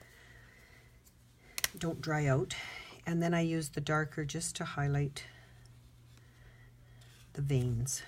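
A plastic cap is pushed back onto an alcohol blending marker and seats with a sharp double snap at 1.6 s and 1.6 s, closing it so the marker doesn't dry out. Someone talks before and after the snap.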